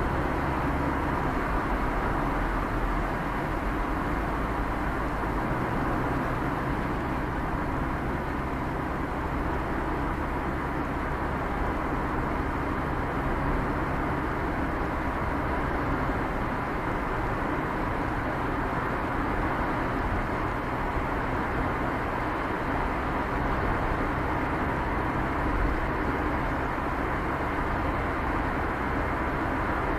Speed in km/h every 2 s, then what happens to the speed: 42, 40, 41, 44, 45, 47, 48, 48, 48, 50, 50, 49, 49, 49, 47.
3-18 speeds up to 50. 18-30 steady at about 49.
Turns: none.